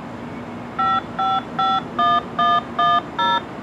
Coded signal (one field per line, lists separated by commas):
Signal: DTMF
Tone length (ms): 220 ms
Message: 5551110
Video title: Federal Signal Thunderbolt 1003, Pager/Siren Test, Hi-Lo, Holtsville, NY 5/1/2018